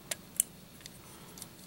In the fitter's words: just snaps into place, as you can see right there.